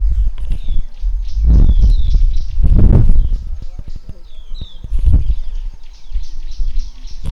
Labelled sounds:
Blue-naped Mousebird
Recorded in northern Uganda

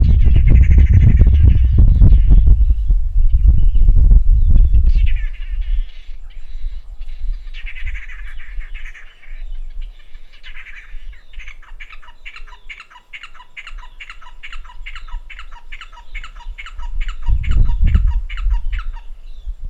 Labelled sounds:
Black-billed Barbet
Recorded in northern Uganda

